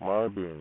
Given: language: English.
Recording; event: throat vibration sensor signal played as sound; speech